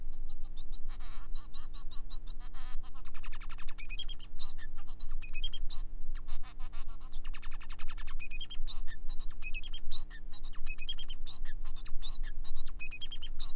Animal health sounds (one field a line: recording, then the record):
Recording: song of a male Bengalese finch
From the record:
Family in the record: son of father 4